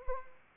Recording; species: mosquito wingbeat signal from an infrared sensor; Anopheles arabiensis